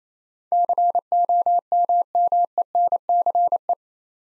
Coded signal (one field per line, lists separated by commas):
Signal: Morse code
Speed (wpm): 28 wpm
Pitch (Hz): 700 Hz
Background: none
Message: COMMENCE